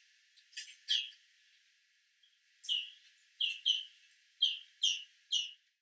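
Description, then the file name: European greenfinch calls: sharp, ringing chirps given singly and in pairs, several in quick succession toward the end, over a quiet background. "Chloris chloris"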